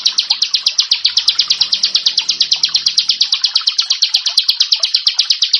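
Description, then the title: Bar-winged prinia song, a fast, steady series of sharp, high chipping notes, continuing without a break. "Ciblek Sawah"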